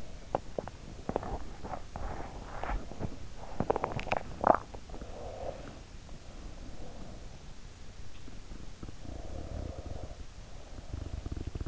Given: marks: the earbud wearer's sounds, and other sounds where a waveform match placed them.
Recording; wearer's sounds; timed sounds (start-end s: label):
sounds in sleep by an in-ear microphone; teeth grinding, swallowing, breath
0.00-3.39 s: teeth grinding
3.46-6.02 s: swallowing
8.14-11.68 s: breath